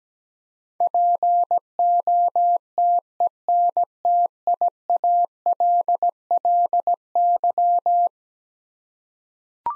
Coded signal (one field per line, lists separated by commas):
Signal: Morse code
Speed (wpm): 17 wpm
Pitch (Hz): 700 Hz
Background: none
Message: POTENTIALLY